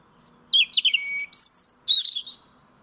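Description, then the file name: European robin song: a short phrase of sweet, quickly changing whistled notes, a long thin high tone, then a brief jumbled twitter. "Erithacus rubecula"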